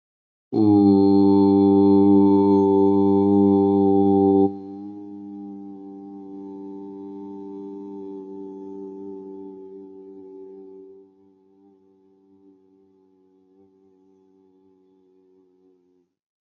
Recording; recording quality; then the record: sustained vowel as in boot; excellent, no background noise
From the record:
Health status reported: healthy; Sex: male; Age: 22 years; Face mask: not worn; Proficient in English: yes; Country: India